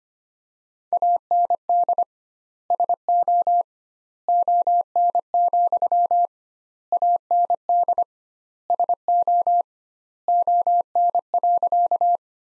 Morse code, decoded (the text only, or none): AND SO ON, AND SO ON.